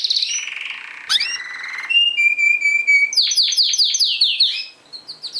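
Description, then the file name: Canary song opening with a buzzy trill, a sharp rising whistle, a flat whistled tone, then a run of quick descending notes before fading. Canary trio song used as a master training recording for songbirds. "kenari trio masteran omkicau"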